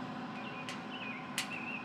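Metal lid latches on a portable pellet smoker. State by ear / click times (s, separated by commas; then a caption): seated / 0.7 s, 1.4 s. The metal lid latches on a portable pellet smoker are flipped closed after the lid is shut to shut the smoker down. Two short metallic clicks at 0.7 s and 1.4 s mark the latches locking, over steady background noise with faint chirping. Both latches snap shut and seat.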